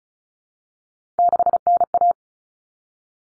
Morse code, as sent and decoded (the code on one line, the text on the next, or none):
-.... -. .-
6NA